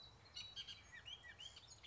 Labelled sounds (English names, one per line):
Bullock's Oriole